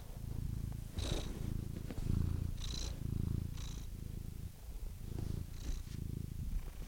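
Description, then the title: Domestic cat purring, deep rumbling cycles with airy breath sounds between them, irregular rhythm. "The Ultimate Compilation of Adorable Cat Meows"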